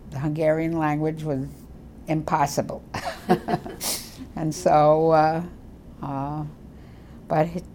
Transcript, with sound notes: Hungarian language was impossible. [laughter] And so—but